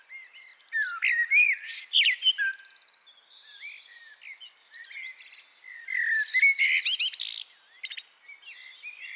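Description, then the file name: Common blackbird singing two phrases, each a run of fluty slurred whistles topped with thin, high twittering flourishes. "Turdus merula"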